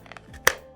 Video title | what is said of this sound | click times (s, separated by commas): B-Team Boogie - New Knives December 18th, 2025 at KnifeCenter | Snaps into place here | 0.5 s